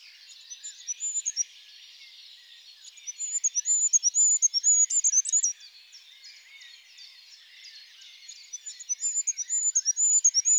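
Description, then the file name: Goldcrest song: several rapid series of very high, thin rhythmic notes separated by quieter high twittering. Stereo recording. "ROITELET HUPPE"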